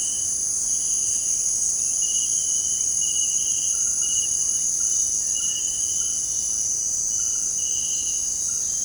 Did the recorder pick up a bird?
no